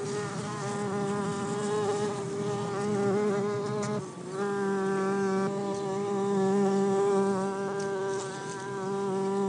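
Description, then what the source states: Bumblebees humming in a continuous deep drone, one strong steady tone with a short dip near four seconds, then resuming evenly. Bumblebee hive.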